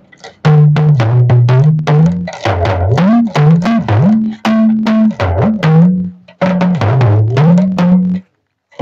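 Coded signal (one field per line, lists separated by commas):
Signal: talking drum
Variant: Yoruba dùndún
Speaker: me me me [Music] again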